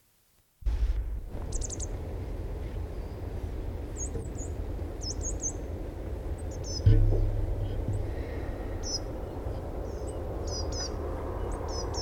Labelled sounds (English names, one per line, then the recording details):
Coal Tit call
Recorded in the wild
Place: Banzelvitzer Berge, Rügen, Mecklenburg-Vorpommern, DE
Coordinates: 54.53, 13.4
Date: 1968-10-26
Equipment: NAGRA III BH, Sennheiser MD21 mit Reflektor (d=75 cm, Glasfiber) und Stativ
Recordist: Schubert, Michael
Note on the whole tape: Tannenmeisen, einsilbige Rufe